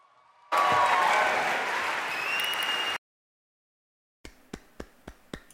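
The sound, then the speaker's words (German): A dense burst of audience applause for re:publica founder Johnny Häusler at the event's opening swells for a couple of seconds and cuts off abruptly, then after a pause a few sharp, separate claps ring out in an uneven rhythm. “Ein Riesenapplaus für Republika-Gründer Johnny Häusler.”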